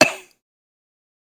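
A single short, sharp cough burst lasting about a quarter second, then silence; an acted stock sound effect.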